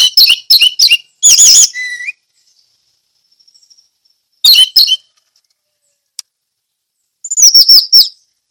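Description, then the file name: Orange-headed thrush giving short bursts of high chattering notes, separated by pauses with faint soft notes between. Indonesian name anis merah; song style called ngeplong teler. "suara anis merah ngeplong teler"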